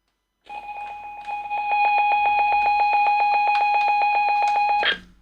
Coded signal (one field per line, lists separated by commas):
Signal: ZX Spectrum tape loading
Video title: Bounty Bob Strikes Back | Attempt at Tape Loading & Levels 1 - 10 | ZX Spectrum | Stream 01